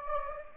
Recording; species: mosquito wingbeat signal from an infrared sensor; Anopheles gambiae